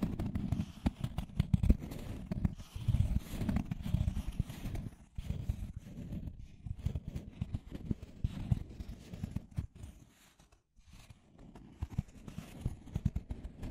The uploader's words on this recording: Deep Scratching. (No Talking).